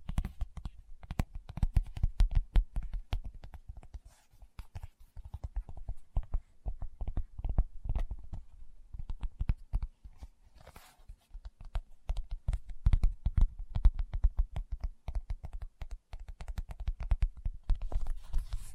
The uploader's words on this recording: ASMR Tapping with Fingertips (No Talking).